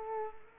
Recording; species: mosquito wingbeat signal from an infrared sensor; Culex quinquefasciatus